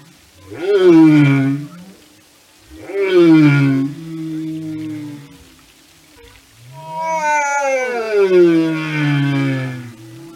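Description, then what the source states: Whale song: three long harmonic moans, the first two swooping up then sliding down, the last a longer drawn-out descending wail rich in overtones. Whale songs and communication.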